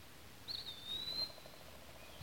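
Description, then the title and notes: Mississippi kite call: one thin, high whistle drawn out for about a second, sliding slightly downward, with soft background hiss. "Mississippi Kite by Christie Mullen"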